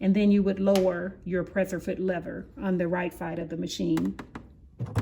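A snap-on presser foot is being handled at the metal presser foot holder of a 2021 Baby Lock Euphoria coverstitch sewing machine, with the foot's pin lined up with the holder's groove and the presser foot lever on the machine's right side about to be lowered. Someone talks throughout, with a brief soft knock at about 5.0 s. Nothing has seated or clicked into the holder yet.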